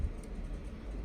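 A battery pack is being handled against a Motorola PR860 handheld two-way radio, about to be slid into the three bottom slots and pushed onto the plastic housing until its latches snap. Low rumbling handling noise fills the clip, with a faint light tap at about 0.2 s. Nothing has seated or clicked yet.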